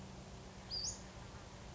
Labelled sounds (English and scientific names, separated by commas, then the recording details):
Western Flycatcher (Empidonax difficilis)
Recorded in Sonoma County, California